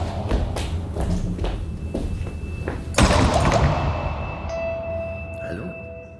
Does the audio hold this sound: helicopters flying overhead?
no